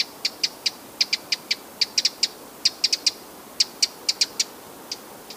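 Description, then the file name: Eurasian wren calls: hard clicking ticks, singly and in short runs, spaced unevenly and thinning out toward the end. "Troglodytes troglodytes"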